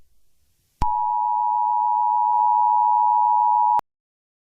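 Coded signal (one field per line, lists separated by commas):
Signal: Emergency Alert System (SAME) tones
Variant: 853 and 960 Hz attention tone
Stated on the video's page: Fictional EAS scenario using valid United States EAS tones.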